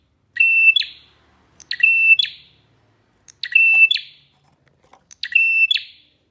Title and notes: Masteran Terapi Prenjak Durasi Panjang. Burung Prenjak